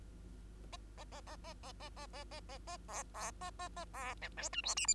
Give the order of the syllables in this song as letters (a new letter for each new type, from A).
A A A A A A A A A A A A B B A A A B C D E F G H